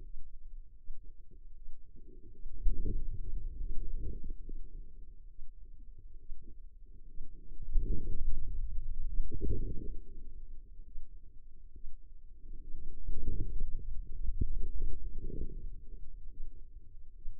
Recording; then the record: forearm muscle sounds (acoustic myography)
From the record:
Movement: pen grasping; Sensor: system 2, bracelet of six BSWA MPA416 microphones around the upper forearm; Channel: 2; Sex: female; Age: 25 years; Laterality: right